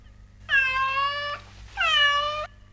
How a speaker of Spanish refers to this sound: ¡Gato!